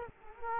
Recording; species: mosquito wingbeat signal from an infrared sensor; Culex quinquefasciatus